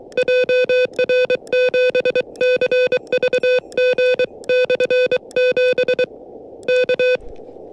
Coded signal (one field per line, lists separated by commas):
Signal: Morse code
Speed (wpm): 23 wpm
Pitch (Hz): 500 Hz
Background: none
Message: JR7CVG/7 K